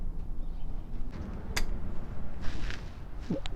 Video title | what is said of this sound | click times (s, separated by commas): Fog Light Install 2010 - 2013 GX460 -- LASFIT LED pro series Switchback | you guys hear the click i heard the click | 3.5 s